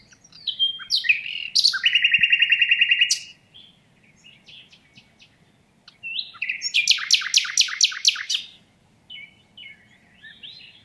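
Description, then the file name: Common nightingale song, a rapid buzzy rattle, then softer scattered notes and a second phrase of loud repeated downslurred notes. "Luscinia megarhynchos"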